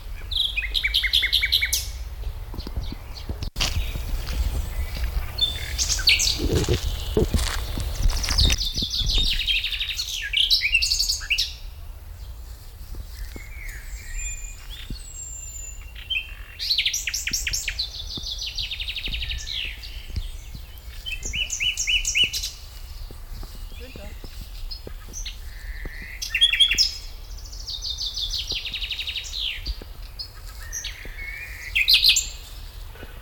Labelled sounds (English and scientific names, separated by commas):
Common Nightingale (Luscinia megarhynchos)